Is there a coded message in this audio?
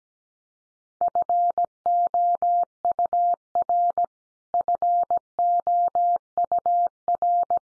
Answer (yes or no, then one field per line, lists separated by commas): yes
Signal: Morse code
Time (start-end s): 1.0-7.6 s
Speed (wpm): 17 wpm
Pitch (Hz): 700 Hz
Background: none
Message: FOUR FOUR